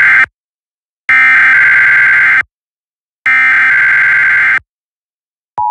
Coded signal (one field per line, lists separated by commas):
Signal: Emergency Alert System (SAME) tones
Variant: header bursts